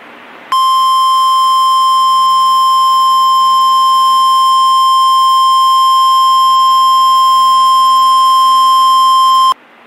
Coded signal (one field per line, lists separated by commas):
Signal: Emergency Alert System (SAME) tones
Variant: 1050 Hz attention tone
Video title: Buncha Floodz.... - EAS Alerts From 2/28/21 (EAS #179 - #187)